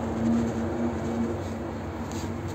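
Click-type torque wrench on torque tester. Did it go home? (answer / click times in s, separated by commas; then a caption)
no / none. A 1/2 inch click-type torque wrench set to 50 Nm is pulled on a torque tester with the hand moved forward on the handle, and the tester reads 52.4. Only a steady, low broadband noise with a faint hum near 200 Hz is heard, with no sharp transients. The wrench has not clicked yet.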